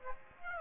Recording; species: mosquito wingbeat signal from an infrared sensor; Aedes aegypti